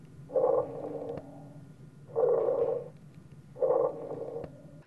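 Simulator mannequin with rapid wet, gurgling breaths, roughly 37 a minute: profound rales of pulmonary edema, loud enough to be heard from the door without a stethoscope.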